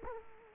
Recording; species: mosquito wingbeat signal from an infrared sensor; Culex quinquefasciatus